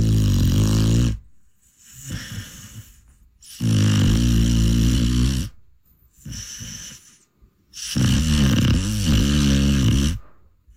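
Three loud, low, buzzing snores come with each in-breath, each lasting about one and a half to two seconds. Softer, breathy out-breaths fall between them, at roughly fifteen breaths a minute. This is the steady rattling snore of a dog sleeping in a bedroom in Nashville with her face right against a person's face.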